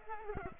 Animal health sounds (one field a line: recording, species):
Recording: mosquito wingbeat signal from an infrared sensor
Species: Culex pipiens